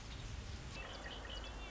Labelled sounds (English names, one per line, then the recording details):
Red-winged Blackbird
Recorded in Sonoma County, California